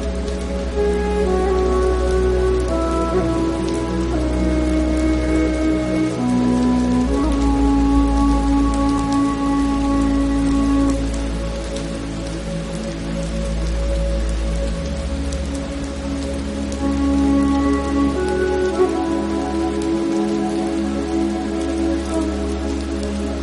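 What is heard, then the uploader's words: Steady rain patters and hisses throughout, even and dense with no pauses. Underneath, soft sustained tones and a deep low hum hold long notes, shifting to new pitches every few seconds, near 7, 11, 15 and 18 seconds, with little change in loudness. Rainy Day.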